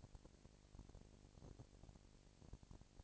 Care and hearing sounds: daily activity, microphone in the room; no activity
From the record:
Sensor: 5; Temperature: 19.8 degrees Celsius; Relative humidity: 36.7%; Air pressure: 997.0 hPa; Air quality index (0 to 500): 169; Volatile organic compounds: 14 ppm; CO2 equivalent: 2440 ppm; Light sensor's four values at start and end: 2/3/1/1 and 2/3/1/1

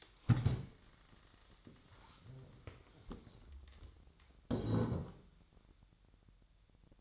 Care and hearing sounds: daily activity, microphone in the room; stand up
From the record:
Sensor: 3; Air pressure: 1000.4 hPa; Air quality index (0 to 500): 168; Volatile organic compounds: 3 ppm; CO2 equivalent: 1463 ppm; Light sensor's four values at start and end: 14/33/14/14 and 14/33/14/15

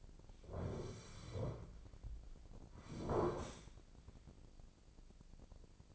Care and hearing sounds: daily activity, microphone in the room; sit down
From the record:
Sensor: 5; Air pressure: 1009.3 hPa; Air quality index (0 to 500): 157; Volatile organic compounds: 2 ppm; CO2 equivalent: 1206 ppm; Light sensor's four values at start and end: 277/666/281/307 and 278/669/283/308

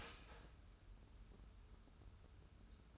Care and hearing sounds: daily activity, microphone in the room; start toaster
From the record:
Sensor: 2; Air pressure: 994.3 hPa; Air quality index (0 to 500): 202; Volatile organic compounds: 1000 ppm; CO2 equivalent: 6646 ppm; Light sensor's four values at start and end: 130/308/130/135 and 130/308/130/135

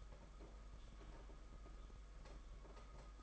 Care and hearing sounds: daily activity, microphone in the room; typing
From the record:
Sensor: 5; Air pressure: 991.9 hPa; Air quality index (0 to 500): 164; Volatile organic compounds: 377 ppm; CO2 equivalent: 4632 ppm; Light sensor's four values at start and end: 31/108/40/42 and 31/108/40/42

